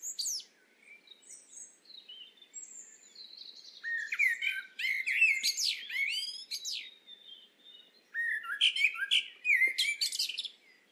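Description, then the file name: Eurasian blackbird giving soft, thin opening notes, then louder warbling phrases that end in rapid, shrill twittering; two main outbursts from about four seconds on. "Turdus merula"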